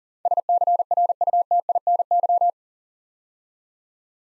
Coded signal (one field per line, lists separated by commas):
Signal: Morse code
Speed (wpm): 42 wpm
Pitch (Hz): 700 Hz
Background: none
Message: SCRUTINY